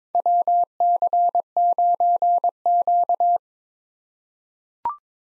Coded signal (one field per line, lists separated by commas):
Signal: Morse code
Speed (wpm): 22 wpm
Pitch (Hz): 700 Hz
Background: none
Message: WC9Q